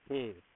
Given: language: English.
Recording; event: throat vibration sensor signal played as sound; speech